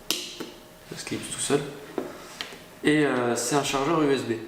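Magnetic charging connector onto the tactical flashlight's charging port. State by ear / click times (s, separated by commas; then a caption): seated / 0.1 s. A magnetic USB charging connector is brought to the charging port of a Klarus XT12 tactical flashlight and snaps on by itself with a sharp click at 0.1 s, seating firmly. Fainter taps follow at 2.0 s and 2.4 s, and someone talks throughout.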